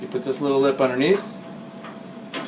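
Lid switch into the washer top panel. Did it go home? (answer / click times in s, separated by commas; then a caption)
yes / 2.3 s. During an out-of-balance shaking repair on a GE top-loader washer, the lid switch is fed back through the hole in the top panel, its small plastic snap is hooked under a lip, and it is pushed down. Someone talks, then a sharp tick at 2.3 s marks the lid switch snapping into place, seated in the washer top panel.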